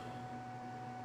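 A plastic phone cradle's socket is handled over the ball of a cup holder mount's ball-and-socket joint, with only a steady hum and tonal background noise audible. No snap occurs, and nothing has seated or clicked yet.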